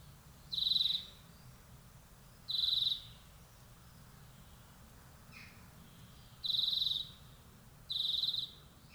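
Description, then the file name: European greenfinch giving four short, buzzy, steady-pitched notes, in two pairs with a longer gap between them. "Chloris chloris"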